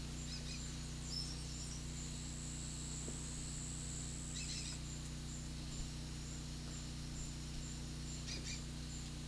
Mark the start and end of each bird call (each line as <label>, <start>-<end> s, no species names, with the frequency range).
bird call (3.3-10.3 kHz), 0.17-1.91 s
bird call (1.1-6.9 kHz), 4.34-4.86 s
bird call (0.8-7.5 kHz), 8.18-8.77 s